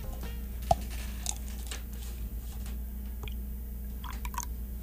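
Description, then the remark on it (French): A canned coffee drink is poured in a quiet, steady stream, a soft, even liquid hiss with faint wet drips and small squishy clicks, no fizzing, and no talking. “Donc, on va verser aussi.”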